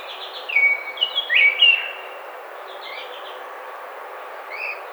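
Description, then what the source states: Baltimore oriole giving a short run of clear, slurred whistled notes early on, then a few faint notes later. Recorded 29 May 2009.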